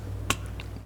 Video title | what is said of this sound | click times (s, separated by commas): I Found Hidden Damage That Might Make It Unfixable - V12 BMW 850CSi | Heard that? That's a solid connection right there. | 0.3 s